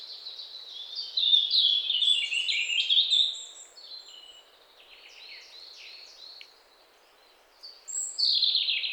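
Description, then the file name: European robin song: a bright, rapid jumble of high warbles and trills, a quieter scratchy stretch, then a fresh loud phrase near the end. "Erithacus rubecula"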